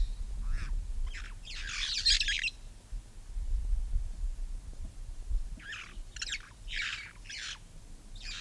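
Red-fronted parrot with a loud raspy screech early on, then a series of shorter scratchy notes after a quiet pause, low rumble beneath.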